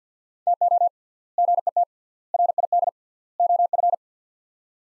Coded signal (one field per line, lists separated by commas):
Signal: Morse code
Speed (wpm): 50 wpm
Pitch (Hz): 700 Hz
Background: none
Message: TO GET RID OF